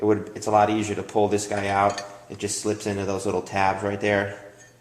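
A metal piece of a Hurst Competition Plus 4-speed shifter assembly is handled near the small retaining tabs on the shifter body while someone talks. The clip ends before the piece slips into the tabs and locks into place, so nothing has seated or clicked yet.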